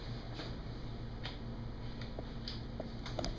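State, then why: Not seated. A prosthetic liner with a locking pin is being lowered into a socket lock as a patient stands down into the prosthetic socket. Only faint, brief taps and handling ticks are heard over a steady low hum. Nothing has seated or clicked yet.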